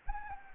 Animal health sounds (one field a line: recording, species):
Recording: mosquito wingbeat signal from an infrared sensor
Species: Anopheles arabiensis